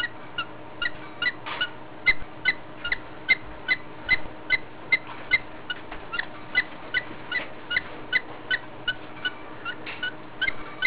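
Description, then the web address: Budgerigar heavy breathing, a regular series of brief squeaks and clicks about every 0.4 seconds, each with a faint whistled tone, against steady low background hum. Heavy, laboured breathing in a budgerigar, presented as a health sign of parasites. "gesundheit gesparasiten schweres atmen wellensittich"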